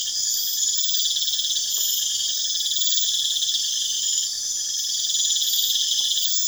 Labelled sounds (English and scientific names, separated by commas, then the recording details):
none
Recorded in pastures near Puerto Asís, Putumayo, Colombia, on 29 June 2025 at 22:00
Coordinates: 0.502, -76.324
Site G010